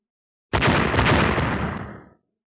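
An echoing explosion sound effect, as Tu Minh's right hand strikes a descending finger in the story Cầu Ma: a loud explosion bursts in suddenly, its broad rumbling roar holding steady before trailing off over about a second and a half, with no voices present.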